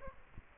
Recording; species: mosquito wingbeat signal from an infrared sensor; Aedes aegypti